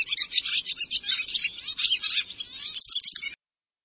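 Bird calls: a dense, high chattering of rapid chirps and twitters for about three seconds, ending abruptly in silence.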